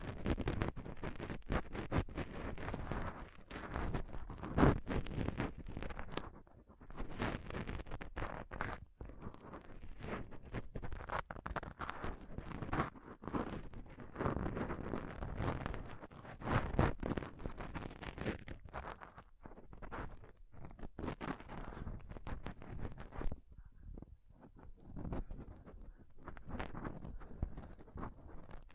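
Dense, restless scratching and rubbing on a microphone, with rough scrapes, soft patting and brief silent gaps around 6, 9 and 24 seconds.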